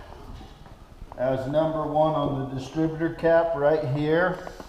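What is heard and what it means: The number one spark plug wire boot is handled at its terminal on the distributor cap of a rebuilt 351 Windsor V8 while someone talks. Only faint handling noise sits under the voice, and nothing has seated or snapped on yet.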